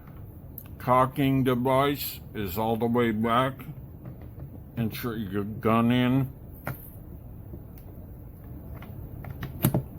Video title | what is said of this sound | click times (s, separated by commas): MCK CAA MICRO CONVERSION KIT SETUPS AND MODIFICATIONS! | push it down it kind of clicks | 9.7 s